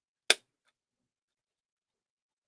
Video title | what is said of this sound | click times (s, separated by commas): USB Power Project Box - STS #1 02/05/2023 | if I cut the hole right this should click in | 0.3 s